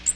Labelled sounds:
Magnolia Warbler (Setophaga magnolia) flight call

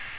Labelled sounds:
Magnolia Warbler (Setophaga magnolia) flight call

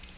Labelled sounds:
Magnolia Warbler (Setophaga magnolia) flight call

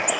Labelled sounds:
Golden-cheeked Warbler (Setophaga chrysoparia) flight call

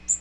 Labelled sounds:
Magnolia Warbler (Setophaga magnolia) flight call

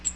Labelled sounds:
Cape May Warbler (Setophaga tigrina) flight call

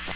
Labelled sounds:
Magnolia Warbler (Setophaga magnolia) flight call

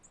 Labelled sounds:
Nashville Warbler (Leiothlypis ruficapilla) flight call

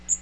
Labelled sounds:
Magnolia Warbler (Setophaga magnolia) flight call

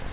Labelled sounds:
Virginia's Warbler (Leiothlypis virginiae) flight call

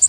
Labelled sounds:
Connecticut Warbler (Oporornis agilis) flight call

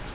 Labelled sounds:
Grace's Warbler (Setophaga graciae) flight call

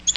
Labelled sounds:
Yellow-rumped Warbler (Setophaga coronata) flight call

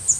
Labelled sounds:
Yellow-throated Warbler (Setophaga dominica) flight call

